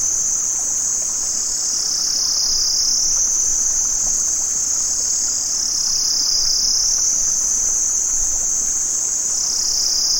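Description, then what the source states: Cicadas giving a dense, shrill buzzing drone that waxes and wanes in broad, even swells throughout. Cicadas recorded in Vietnam.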